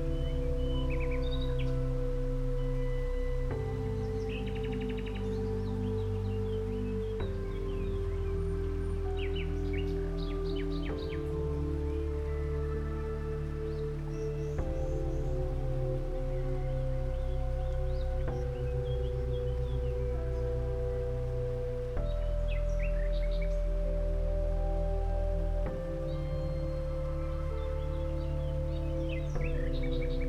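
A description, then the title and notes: Slow, relaxing music of long held chords, shifting to a new chord about every three to four seconds, with ringing bell-like tones and a warm low drone. Bird chirps and tweets come and go above the music throughout. Nature Sounds, Rustling Leaves & Relaxing Music In A Dreamy Meadow.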